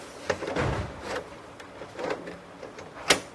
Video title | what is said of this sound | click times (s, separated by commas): How to Install a DVD-ROM Drive | it's going to lock into place now the hardware aspect of this is complete | 3.1 s